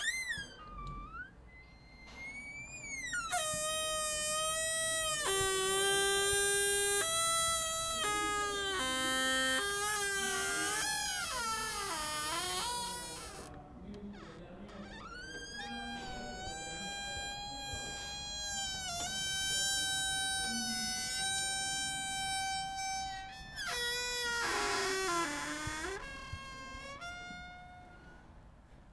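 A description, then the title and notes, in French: A door creaks slowly and at length, a shrill, wavering squeal with rising and falling pitch, swelling louder around the middle. Grincement porte. Bruit capté par les élèves de 6ème du collège Pierre Sémard de Bobigny, lors de l'initiation à la prise de son.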